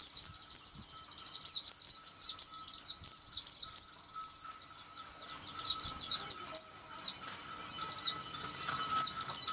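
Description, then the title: White-eye song in quick bursts of high, thin downslurred notes, a short lull midway, then more bursts; a faint steady hum runs underneath. "Pleci"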